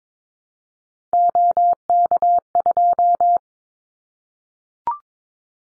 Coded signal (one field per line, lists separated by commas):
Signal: Morse code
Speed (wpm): 22 wpm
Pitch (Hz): 700 Hz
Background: none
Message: OK2